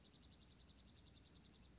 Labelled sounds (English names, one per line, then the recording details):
Dark-eyed Junco
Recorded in Sonoma County, California